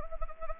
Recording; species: mosquito wingbeat signal from an infrared sensor; Anopheles gambiae